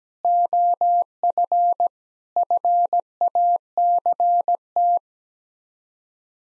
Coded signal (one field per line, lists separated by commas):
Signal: Morse code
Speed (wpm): 17 wpm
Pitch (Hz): 700 Hz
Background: none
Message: OF FACT